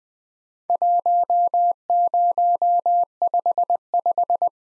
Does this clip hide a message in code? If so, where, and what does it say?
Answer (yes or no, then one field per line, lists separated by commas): yes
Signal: Morse code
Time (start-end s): 0.7-4.5 s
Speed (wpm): 20 wpm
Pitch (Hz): 700 Hz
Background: none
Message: 1055